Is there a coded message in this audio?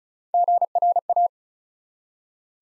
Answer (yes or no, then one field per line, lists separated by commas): yes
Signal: Morse code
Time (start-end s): 0.3-1.3 s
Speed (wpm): 36 wpm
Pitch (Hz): 700 Hz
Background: none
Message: GRA